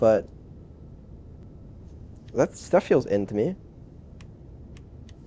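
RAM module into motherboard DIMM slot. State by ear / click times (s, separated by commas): not seated / none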